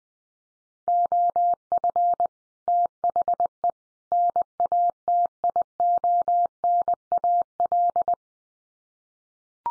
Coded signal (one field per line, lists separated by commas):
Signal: Morse code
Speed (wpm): 20 wpm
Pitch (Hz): 700 Hz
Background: none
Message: OF THE NATIONAL